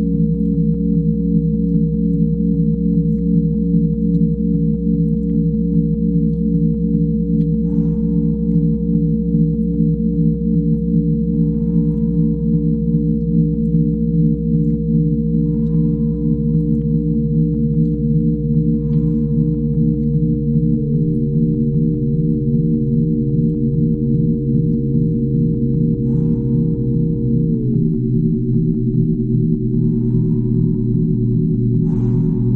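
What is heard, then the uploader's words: Binaural tones: a dense stack of steady low electronic hums with a fast, regular pulsing throughout. Around 21 and 28 seconds the upper tone steps down in pitch and the layers shift. Faint soft swishes recur every few seconds in the background. Binaural Tones.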